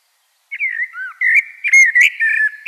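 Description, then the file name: Common blackbird singing a rich, whistled phrase with a few lower fluty notes, then squeaky high twitters, clean and unaccompanied. "Turdus merula"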